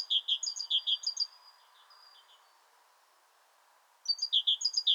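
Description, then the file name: Great tit song: repeated two-note phrases at the start and end, separated by a quieter stretch of faint notes, over noticeable background noise. "Parus major"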